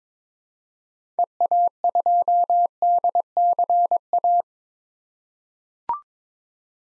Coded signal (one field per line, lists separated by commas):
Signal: Morse code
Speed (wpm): 21 wpm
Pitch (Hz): 700 Hz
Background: none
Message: EA2DCA